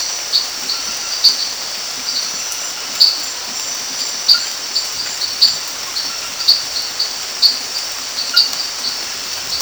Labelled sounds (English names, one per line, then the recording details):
none
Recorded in dense forest near Puerto Asís, Putumayo, Colombia, on 13 March 2025 at 22:30
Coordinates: 0.481, -76.323
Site G088